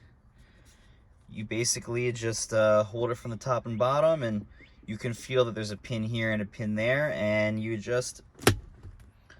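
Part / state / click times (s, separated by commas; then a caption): gear shift lever assembly onto console mounting pins / not seated / none. A Ferrari/Maserati F1 gear shift lever assembly is held by its top and bottom and lined up on its two locating pins on the console while someone talks. A few light handling knocks are heard near the end, but the lever assembly has not snapped onto the pins or seated yet.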